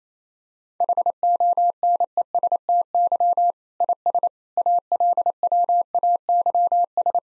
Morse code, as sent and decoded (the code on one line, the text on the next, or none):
.... --- -. . ... - -.-- / .. ... / .- .-.. .-- .- -.-- ...
HONESTY IS ALWAYS